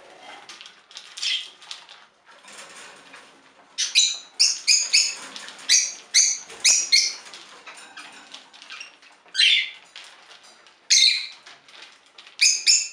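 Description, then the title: Budgerigar calls, repeated sharp high chirps roughly every half second in a series, after softer scattered twittering. "Budgie Sounds"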